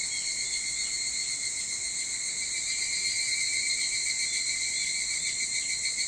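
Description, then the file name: Evening cicada keeps up an even, piercing trill-like drone throughout, with faint flickers of separate pulses under the steady tone. Recorded 22 July 2023 at 04:40. "higurashi 230722 0440"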